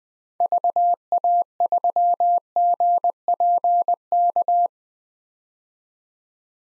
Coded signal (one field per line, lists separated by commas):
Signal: Morse code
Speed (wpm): 21 wpm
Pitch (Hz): 700 Hz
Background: none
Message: VA3GPK